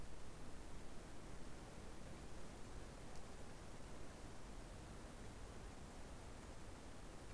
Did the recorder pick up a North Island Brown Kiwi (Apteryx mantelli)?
no